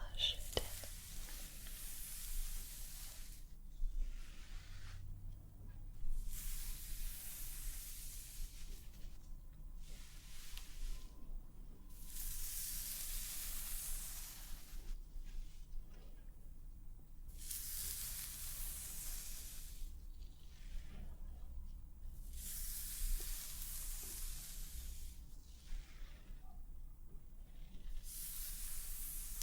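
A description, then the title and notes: Soft hair washing and scalp massage sounds come in repeated bursts of bright, airy hiss, each lasting about two seconds, roughly every two to three seconds. Between bursts a quiet low rumble stays underneath, and a small tap lands near the start. Scalp Treatment + Hair Wash Roleplay Massage, Layered Sounds & Hair Brushing.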